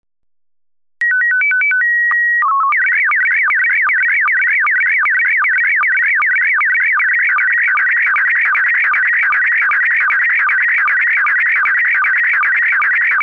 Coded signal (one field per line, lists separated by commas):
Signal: SSTV (slow-scan television)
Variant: PD 50